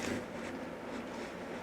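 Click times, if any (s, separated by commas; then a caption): none. The indexing mechanism on a milling setup for a small skid steer carburetor adapter is turned by hand, bringing its index pin toward an index hole in the machining fixture to line the index marks up with the end mill. Only a steady, even broadband noise is heard, with no sharp transients. Nothing has seated or clicked yet.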